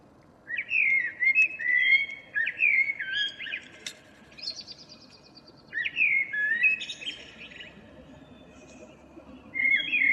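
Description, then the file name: Common blackbird singing rich whistled phrases with squeaky high tails, spaced by pauses. "Turdus merula"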